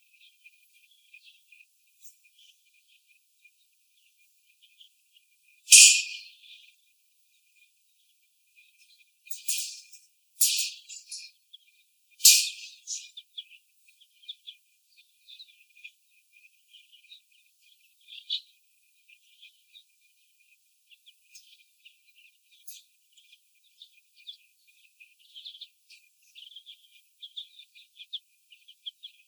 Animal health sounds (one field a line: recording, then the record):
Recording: young laying hens in a cage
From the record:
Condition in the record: before the stressor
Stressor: sudden umbrella opening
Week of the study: 2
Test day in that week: 1